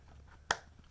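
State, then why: Seated. A plastic mask piece is clipped into its slot in a paintball mask frame, giving a single sharp snap at 0.5 s against quiet background, with a faint tick near 0.8 s. The piece seats in place.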